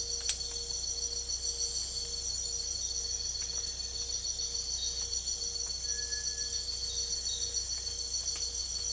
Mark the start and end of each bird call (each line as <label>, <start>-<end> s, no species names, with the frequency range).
bird call (1.4-2.1 kHz), 5.78-6.60 s